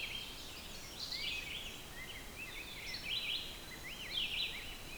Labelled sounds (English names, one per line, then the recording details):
Red-eyed Vireo song
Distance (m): 60 m
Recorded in boreal forest in Alberta, Canada, on 5 June 2016 at 06:30
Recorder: SongMeter 3, array SBT-3-51
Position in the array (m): 283 m, 135 m